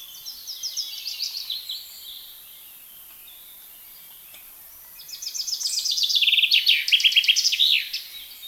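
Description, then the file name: Common chaffinch song, two strophes: a quieter descending trill at the start, then after a pause a louder, longer series of repeated notes. "Fringilla coelebs"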